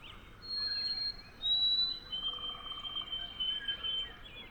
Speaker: I hear another interloper, a white-throated sparrow, giving clear, wavering whistles.